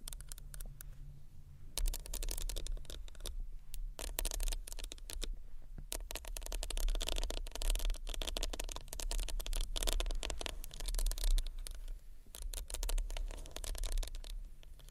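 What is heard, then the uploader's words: Tiny bottles rattle and scrape against a textured bag in dense, bright bursts of crinkling and clicking that start around two seconds in and continue almost without pause. Brief quieter gaps break the flow, while a steady low hum runs underneath throughout. ASMR Tiny Bottles Vs Textured Bag Which One You Choose（No Talking）.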